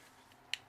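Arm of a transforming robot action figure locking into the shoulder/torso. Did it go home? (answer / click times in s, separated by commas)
yes / 0.5 s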